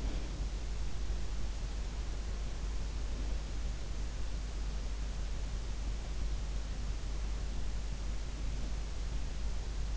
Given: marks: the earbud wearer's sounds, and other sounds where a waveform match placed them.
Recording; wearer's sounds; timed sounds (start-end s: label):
sounds in sleep by an in-ear microphone; breath
0.00-0.52 s: breath